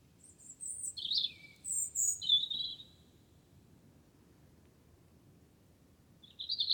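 Wren song, a short burst of high, quick, slurred chirps, a quiet gap, then the start of the next phrase.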